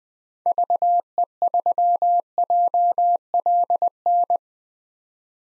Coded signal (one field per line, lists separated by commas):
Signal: Morse code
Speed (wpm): 20 wpm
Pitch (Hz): 700 Hz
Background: none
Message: VE3JLN